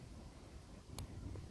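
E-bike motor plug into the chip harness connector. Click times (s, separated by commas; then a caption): 1.0 s. A motor wiring plug on a Cannondale Moterra e-bike with a Bosch CX Gen 4 motor is pushed into the connector of a speed-unlocker chip harness. A sharp click sounds at 0.98 s over a low, steady background hum as the plug seats.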